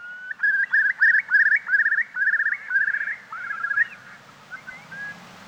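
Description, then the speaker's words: Eurasian curlew song: a run of repeated bubbling notes rising in steps, about ten in quick succession over three seconds, then fading into softer scattered notes. Song described as elegant. "You have mentioned its song, which is just elegant."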